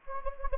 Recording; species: mosquito wingbeat signal from an infrared sensor; Anopheles gambiae